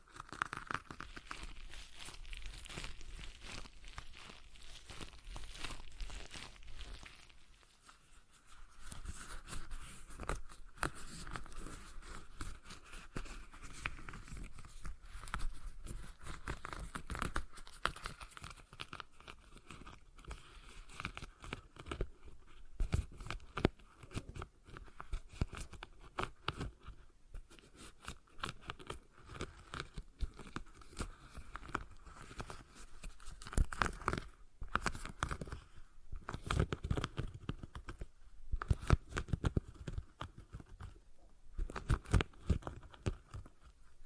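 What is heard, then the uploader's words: A stress ball is squeezed and handled, giving a continuous run of crinkly, crackling rustles with frequent sharp clicks and pops. The texture stays dense throughout, with a brief quieter gap near nine seconds and louder bursts toward the end. ASMR Relaxing Stress Ball Sounds (No Talking).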